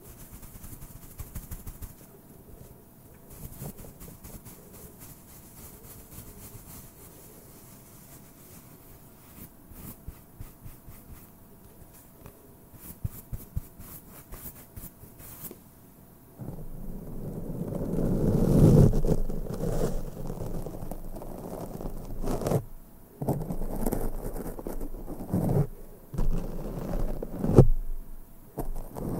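Brushing on a microphone with no talking, quiet and soft for the first sixteen seconds with light scratchy strokes. Around sixteen seconds it turns much louder and denser, a deep rumbling whoosh with bursts of heavier brushing through to the end.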